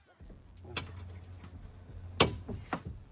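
The socket end of an old, leaking gas strut is pried off its metal ball stud on the lift gate of a 2015–2019 Tahoe SUV. Over a low steady hum there are a few light clicks, including one at 0.8 s, then a sharp loud pop at 2.2 s followed by a smaller knock at 2.7 s. The strut comes off the ball stud easily and is released.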